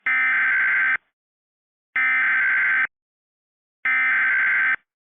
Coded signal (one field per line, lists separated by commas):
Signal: Emergency Alert System (SAME) tones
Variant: header bursts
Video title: DASDEC II EAS Mock: If an Apple WEA was read by Siri for TV alerts… (BASED ON A TRUE ALERT)